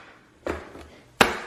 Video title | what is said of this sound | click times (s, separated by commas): Bunsen V12 Deluxe Food Vacuum Sealer Review | Make sure you hear that pop lock on both sides. | 1.2 s